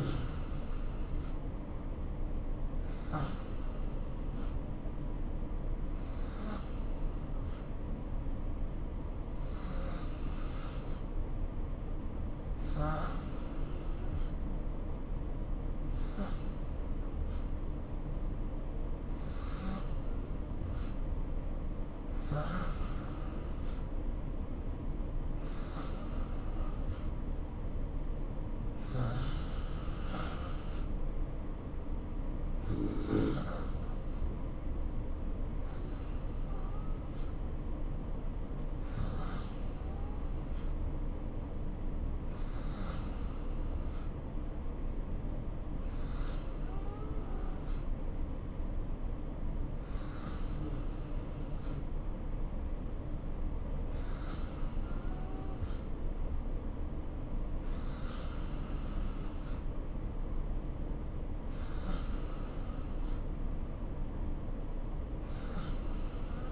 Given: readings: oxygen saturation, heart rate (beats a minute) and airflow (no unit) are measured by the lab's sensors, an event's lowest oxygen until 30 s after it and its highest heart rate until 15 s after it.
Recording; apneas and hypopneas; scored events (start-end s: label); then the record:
breathing in sleep by a smartphone at the bedside; none
none scored
From the record:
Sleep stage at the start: N2 (light sleep); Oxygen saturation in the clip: 87 to 91%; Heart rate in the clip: 62 to 70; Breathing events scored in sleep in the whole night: 277 in 7.4 hours asleep